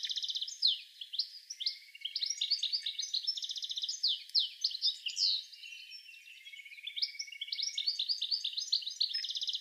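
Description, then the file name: European goldfinch giving a nearly continuous run of bright, liquid twitters and buzzy trills, with one brief lull partway through. "Carduelis carduelis"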